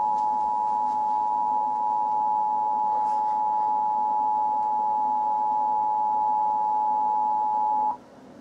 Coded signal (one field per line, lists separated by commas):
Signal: Emergency Alert System (SAME) tones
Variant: 853 and 960 Hz attention tone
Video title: [ORIGINAL] - Emergency Alert System - Tornado Warning for Knoxville, TN (March 2, 2012)